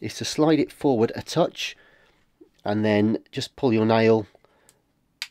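Someone talks while releasing the plastic battery cover of a Bang & Olufsen Beo 4 TV remote control, sliding it forward a touch and pulling a fingernail underneath it. A sharp little click at 5.2 s marks the catch letting go, and the cover clicks free.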